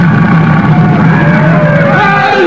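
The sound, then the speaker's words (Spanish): A crowd of native warriors, raising spears and readying arrows to attack, shouts in fury, many voices overlapping in a loud, continuous roar, with a few higher-pitched yells rising out of the din toward the end. “Los nativos interrumpieron sus gritos de furia, mirando con sorpresa y terror a un enorme tigre avanzar hacia ellos.”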